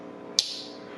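A second slip joint folding knife, one with a firmer backspring, has its blade snapped closed into the handle, giving a sharp, bright click at 0.4 s. The blade seats with much more authority, and a high metallic ring fades over the following half second. No one talks during the click.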